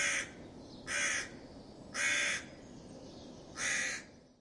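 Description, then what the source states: Crow giving harsh caws: four calls with short pauses between, over faint background hiss. Crows giving alarm calls because of a fox.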